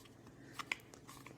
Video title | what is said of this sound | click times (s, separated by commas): How to Clean an Essential Oil Diffuser - Cleaning your essential oil diffuser with vinegar | a little click and then turn it on and then I'm just going to turn my diffuser on | 0.7 s